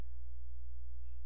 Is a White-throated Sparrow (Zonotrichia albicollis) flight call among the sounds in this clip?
no